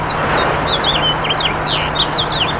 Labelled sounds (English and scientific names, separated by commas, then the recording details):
House Finch (Haemorhous mexicanus) song
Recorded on Long Island, New York, on 8 June 2012
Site AS
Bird A